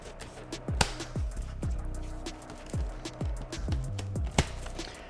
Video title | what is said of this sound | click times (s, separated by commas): How to Remove the LS2 X-Force Peak | And then once you hear a subtle snap or click from all three inserts, you know your Peak is secured in place. | 0.8 s, 4.4 s